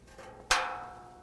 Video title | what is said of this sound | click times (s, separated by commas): How to Install ICI Magnum Base Front Bumper on a 2017 Chevy Silverado 2500 | just gonna push those in place until they clip and then | 0.5 s